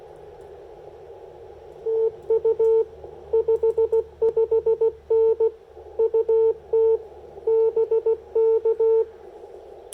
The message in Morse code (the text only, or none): TU 55N UT BK